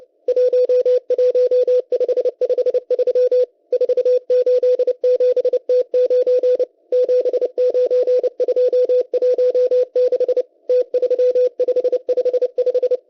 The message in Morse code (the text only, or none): 11553 487T9 79216 T3555